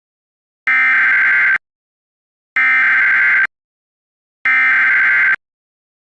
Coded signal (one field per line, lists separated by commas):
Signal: Emergency Alert System (SAME) tones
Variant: header bursts